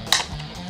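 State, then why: Released. A plastic breakaway toy table accessory for a wrestling figure is split apart at its snap joints, which have two snaps and a crack, so its legs collapse. A sharp, bright plastic snap sounds at 0.1 s over a quiet, steady background. The table comes apart at the snap joints.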